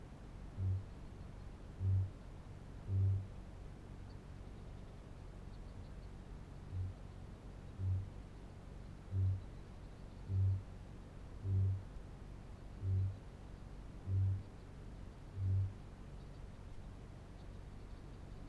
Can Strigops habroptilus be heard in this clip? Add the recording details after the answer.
yes. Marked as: faintness 3/5, faintness 2/5. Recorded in New Zealand. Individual Felix